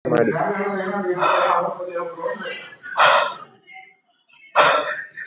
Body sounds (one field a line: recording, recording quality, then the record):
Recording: shallow breathing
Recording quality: excellent, no background noise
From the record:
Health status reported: COVID-19 positive, mild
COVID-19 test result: positive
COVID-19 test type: RT-PCR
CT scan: not taken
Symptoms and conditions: none ticked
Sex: male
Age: 56 years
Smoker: no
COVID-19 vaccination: both doses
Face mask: not worn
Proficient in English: no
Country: India